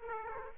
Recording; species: mosquito wingbeat signal from an infrared sensor; Aedes aegypti